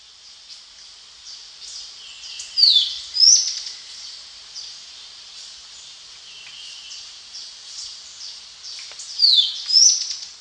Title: LuckyPassaro Completos2Sama. Tepui Brush Finch (Atlapetes personatus)